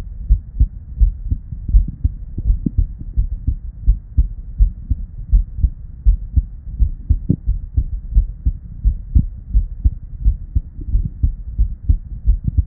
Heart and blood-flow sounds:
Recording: heart sounds by stethoscope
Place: Erb's point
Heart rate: 86 bpm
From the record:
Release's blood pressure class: normal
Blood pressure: 104/64 mmHg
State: at rest

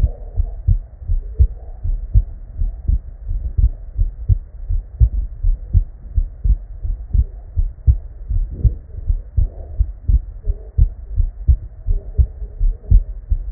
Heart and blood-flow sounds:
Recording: heart sounds by stethoscope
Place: Erb's point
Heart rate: 84 bpm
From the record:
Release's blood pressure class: normal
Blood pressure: 94/57 mmHg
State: at rest

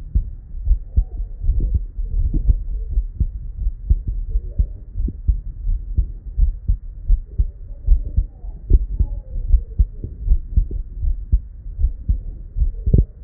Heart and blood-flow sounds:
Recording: heart sounds by stethoscope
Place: Erb's point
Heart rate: 78 bpm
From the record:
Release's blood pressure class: hypertension stage 1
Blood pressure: 131/80 mmHg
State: at rest

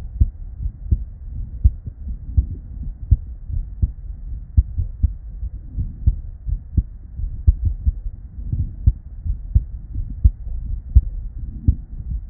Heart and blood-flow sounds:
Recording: heart sounds by stethoscope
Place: Erb's point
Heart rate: 81 bpm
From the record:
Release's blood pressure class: normal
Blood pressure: 119/60 mmHg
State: at rest

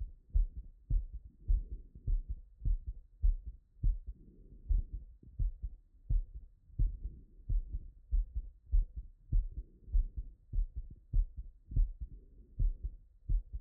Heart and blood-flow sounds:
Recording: heart sounds by stethoscope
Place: Erb's point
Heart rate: 94 bpm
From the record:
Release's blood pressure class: hypertension stage 1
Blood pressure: 136/68 mmHg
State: after exercise

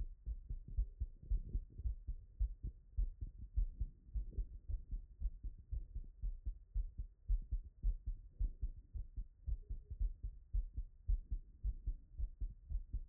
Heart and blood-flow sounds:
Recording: heart sounds by stethoscope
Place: Erb's point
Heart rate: 113 bpm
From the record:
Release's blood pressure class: elevated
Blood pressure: 125/76 mmHg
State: after exercise

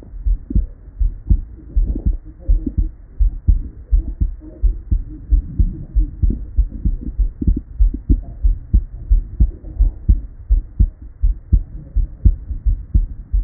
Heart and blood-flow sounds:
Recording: heart sounds by stethoscope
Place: Erb's point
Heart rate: 91 bpm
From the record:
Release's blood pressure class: hypertension stage 1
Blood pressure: 125/83 mmHg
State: at rest

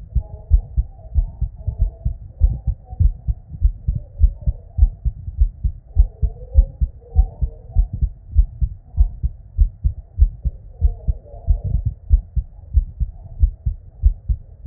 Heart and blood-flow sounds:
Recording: heart sounds by stethoscope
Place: Erb's point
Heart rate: 94 bpm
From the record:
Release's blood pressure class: normal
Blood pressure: 108/57 mmHg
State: at rest

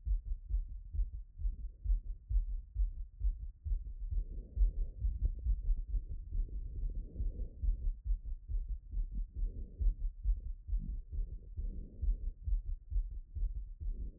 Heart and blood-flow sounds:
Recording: heart sounds by stethoscope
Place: Erb's point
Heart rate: 135 bpm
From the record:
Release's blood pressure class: hypertension stage 1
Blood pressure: 130/83 mmHg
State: after exercise

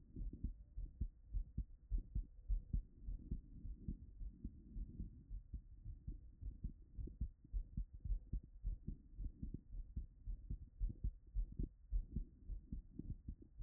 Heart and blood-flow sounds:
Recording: heart sounds by stethoscope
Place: Erb's point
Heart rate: 106 bpm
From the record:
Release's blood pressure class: elevated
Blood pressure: 127/71 mmHg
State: after exercise

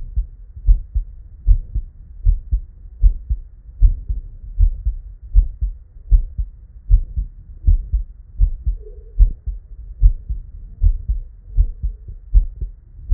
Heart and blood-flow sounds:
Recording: heart sounds by stethoscope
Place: Erb's point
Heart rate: 77 bpm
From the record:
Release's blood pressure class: normal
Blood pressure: 119/60 mmHg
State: at rest

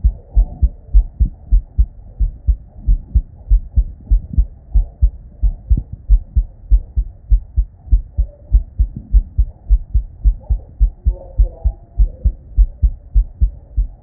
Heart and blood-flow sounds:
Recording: heart sounds by stethoscope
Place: Erb's point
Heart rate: 101 bpm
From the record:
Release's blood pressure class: normal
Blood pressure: 110/67 mmHg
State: at rest

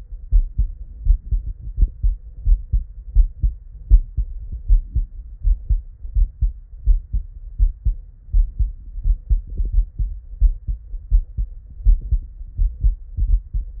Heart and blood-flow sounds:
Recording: heart sounds by stethoscope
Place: Erb's point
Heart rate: 84 bpm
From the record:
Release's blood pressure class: normal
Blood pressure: 111/58 mmHg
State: at rest

